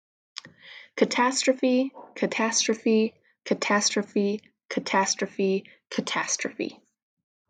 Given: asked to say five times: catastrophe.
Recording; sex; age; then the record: repeated word; female; 20 to 29 years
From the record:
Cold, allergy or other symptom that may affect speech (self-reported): no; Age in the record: 29 years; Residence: Pennsylvania, United States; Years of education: 16